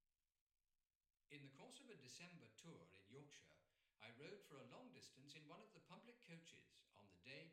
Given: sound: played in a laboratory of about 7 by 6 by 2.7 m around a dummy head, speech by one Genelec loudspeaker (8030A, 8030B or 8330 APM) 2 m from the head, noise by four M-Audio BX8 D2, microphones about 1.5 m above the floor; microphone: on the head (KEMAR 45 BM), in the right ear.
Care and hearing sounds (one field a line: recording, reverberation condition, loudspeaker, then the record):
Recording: male speech in English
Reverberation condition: medium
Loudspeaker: 30 degrees to the right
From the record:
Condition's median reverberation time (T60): about 510 ms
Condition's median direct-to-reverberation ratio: about -0.5 dB